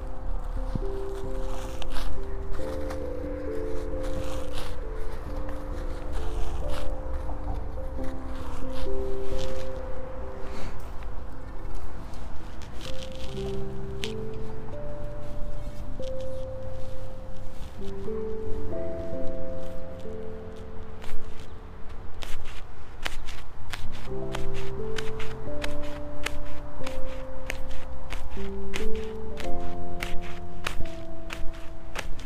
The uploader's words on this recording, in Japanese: サツマイモのツル苗を植えていきます。あらかじめ張っておいたマルチに棒で穴を開け、一本ずつ苗を置いたのち、土の中に挿していきます。